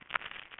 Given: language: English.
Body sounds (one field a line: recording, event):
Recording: throat vibration sensor signal played as sound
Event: swallow